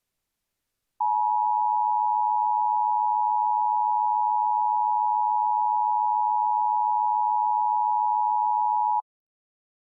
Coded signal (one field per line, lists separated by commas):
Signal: Emergency Alert System (SAME) tones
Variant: 853 and 960 Hz attention tone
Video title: KC Presents - EAS Scenario #6: Lost in Silence - A Non-Nuclear Situation